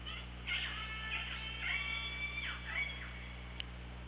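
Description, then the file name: Orca calls, repeated pulsed squealing calls with rising and falling harmonics throughout, over low hum and hiss. OrcaLab hydrophone, 24 August 2017, about 18:54. "Orca Lab UTLN JASON 20170824 185424 ORCALABDYNI"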